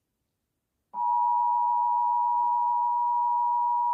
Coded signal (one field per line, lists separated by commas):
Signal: Emergency Alert System (SAME) tones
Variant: 853 and 960 Hz attention tone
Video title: The new Tv Off Tornado Warning Eas